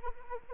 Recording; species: mosquito wingbeat signal from an infrared sensor; Anopheles arabiensis